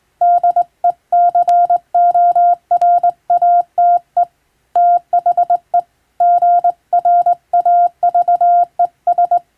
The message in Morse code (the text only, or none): DECORATE THE GRAVES